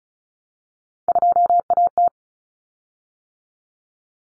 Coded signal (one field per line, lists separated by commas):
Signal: Morse code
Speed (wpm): 34 wpm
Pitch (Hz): 700 Hz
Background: none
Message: 2AT